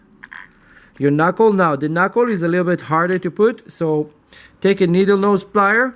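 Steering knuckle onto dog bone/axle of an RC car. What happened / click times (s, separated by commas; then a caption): The part is being handled but has not seated yet / none. An RC car's plastic steering knuckle is handled near the new dog bone and axle, with two brief sharp taps near 0.2 and 0.3 seconds before someone talks through the rest of the clip. The knuckle has to be pressed back over the dog bone with needle-nose pliers, but nothing has seated or clicked yet.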